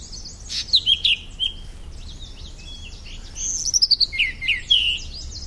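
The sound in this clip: Firethroat song: quick, varied high phrases of sharp whistles and buzzy slurred notes, with a denser run of quick notes in the second half.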